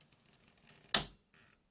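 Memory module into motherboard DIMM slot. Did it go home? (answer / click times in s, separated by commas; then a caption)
yes / 1.0 s. A RAM memory module is lined up with the motherboard DIMM slot's key and pressed down until the slot's retention clips snap shut. A few faint small ticks come first, then one sharp, loud click at 0.9 s that rings briefly before a soft rustle. The click means the RAM stick is seated in the slot.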